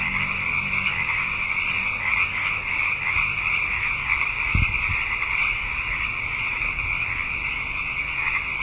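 Frogs calling in a dense, continuous chorus, a loud steady trilling buzz with no pauses, and one brief low thump partway through.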